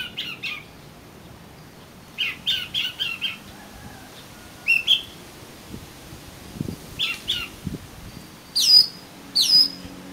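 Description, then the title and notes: Oriental magpie-robin giving scattered short phrases of chirps and sharp whistles, separated by pauses, with faint low rumbling in the background. "suara kacer. kumpulan suara burung kacer"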